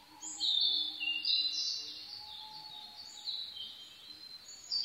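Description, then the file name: Blue-and-white flycatcher giving a bright high whistled phrase, followed by softer trailing notes and a thin long whistle underneath. Recorded 22 May 2011 at 04:34. "ooruri 20110522-0434"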